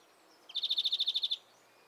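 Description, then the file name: European greenfinch giving a single quick trill of about a dozen evenly spaced, buzzy notes lasting under a second. "Chloris chloris"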